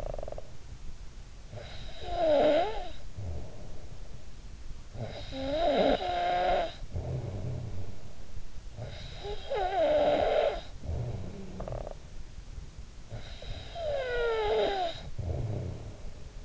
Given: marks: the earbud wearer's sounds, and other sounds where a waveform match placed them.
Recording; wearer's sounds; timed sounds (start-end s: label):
sounds in sleep by an in-ear microphone; snoring breath
0.00-16.44 s: snoring breath